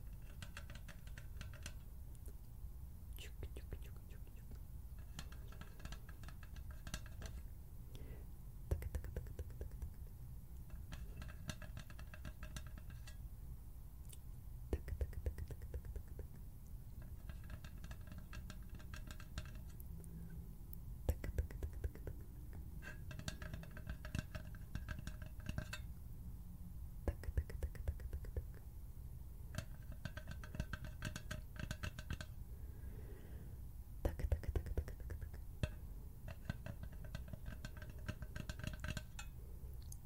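Hand sounds and scissors: quick bursts of fluttery clicking and snipping recur throughout over a steady low rumble, with a few sharper taps.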